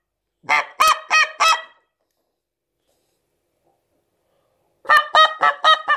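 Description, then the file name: Canada goose giving a burst of four quick, nasal honks, then a burst of five, separated by about three seconds of silence. "канадская-казарка"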